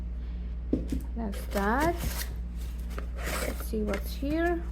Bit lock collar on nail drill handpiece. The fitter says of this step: It's got a nice click, lock and unlock feature.